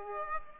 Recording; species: mosquito wingbeat signal from an infrared sensor; Aedes aegypti